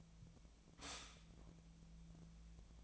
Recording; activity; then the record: daily activity, microphone in the room; stop toaster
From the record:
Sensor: 1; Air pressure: 1009.3 hPa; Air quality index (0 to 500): 195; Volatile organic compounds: 19 ppm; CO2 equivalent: 2659 ppm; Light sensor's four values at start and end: 27/70/29/35 and 27/70/29/35